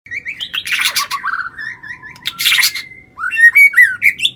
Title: murai batu